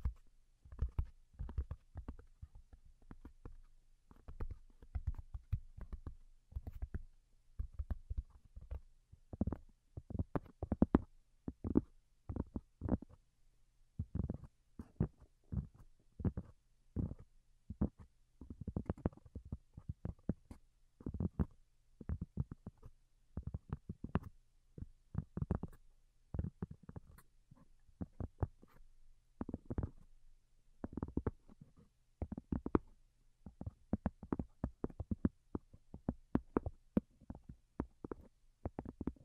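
Soft tapping runs through the whole clip as quick, irregular clusters of light taps with brief pauses between them. Each tap is short and a little thumpy, with a muffled low body and some brighter click on top, over an otherwise quiet background.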